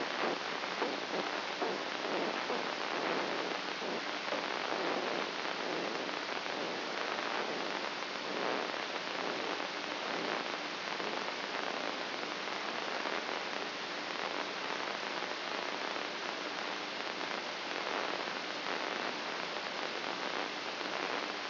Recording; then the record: brain microelectrode recording played as sound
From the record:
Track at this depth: inside the subthalamic nucleus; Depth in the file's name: 3.033 mm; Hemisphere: left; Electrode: 3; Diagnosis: Parkinson's disease